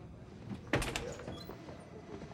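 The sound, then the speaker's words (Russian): A door opens with a sharp clunk of the latch and a brief scraping slide, followed by a few softer knocks and rustles as it swings, with no voices. Detective Duffy opens an office door for two people as they leave. “Даффи встает и открывает им дверь.”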